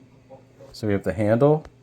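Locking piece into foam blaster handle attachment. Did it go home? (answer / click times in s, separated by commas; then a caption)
no / none. A plastic locking piece is being handled at the handle attachment of a Big Blaster Consortium Stryfe-X Battle Kit for a foam blaster, while someone talks briefly over a faint steady low hum. Nothing has seated or clicked yet; the clip ends just before the piece goes home to lock the handle in place.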